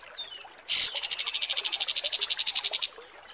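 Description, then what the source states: Kapas tembak song: a very high, harsh opening burst followed by a fast, even trill of thin ringing notes lasting two seconds. Masteran training recording of kapas tembak song.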